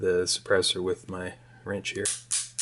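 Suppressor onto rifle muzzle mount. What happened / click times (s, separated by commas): Handled, not yet home: a threaded metal part ratchets with small clicks as it is tightened / none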